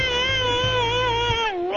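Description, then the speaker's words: New Guinea singing dog whining: a long, steady, wavering tonal howl with rich overtones. Described as notorious for whining, doing it all morning. "An animal that's notorious for whining."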